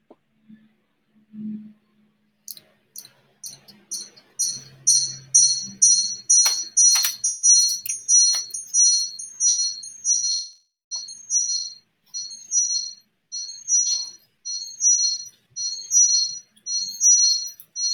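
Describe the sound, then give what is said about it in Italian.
High, shrill whistling tones heard over a voice call come in a long run of short repeated bursts, pulsing in a steady, fairly quick rhythm and staying loud throughout, with only a faint low murmur near the start. “Sei tu che fischi? Sì.”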